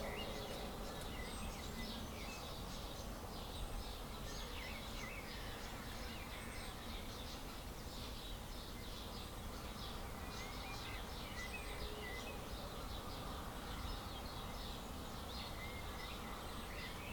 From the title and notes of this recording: We play part of a recording from Brian, of the Dawn Chorus from May 2020.